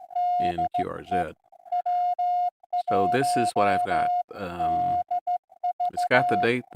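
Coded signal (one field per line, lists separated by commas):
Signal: Morse code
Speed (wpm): 14 wpm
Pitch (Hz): 710 Hz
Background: speech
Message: DE W1DV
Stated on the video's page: Straight key sprint CW contest, sent with straight keys, from a park activation.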